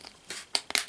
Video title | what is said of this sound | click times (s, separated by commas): Toy Spot - Hasbro Spider-man Homecoming Marvel's Vulture Figure | everything snaps into place and then you've got your wings | 0.5 s, 0.8 s